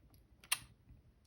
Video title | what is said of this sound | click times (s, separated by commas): Canon AE-1 - How to replace ASA dial assembly | and you heard it snap okay now this is the least amount of snap you will ever hear | 0.5 s